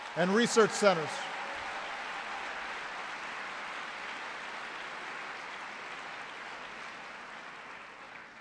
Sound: applause

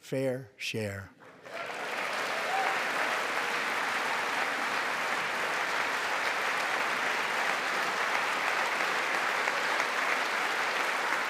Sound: applause

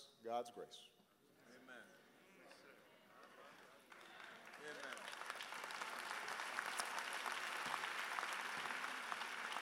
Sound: applause

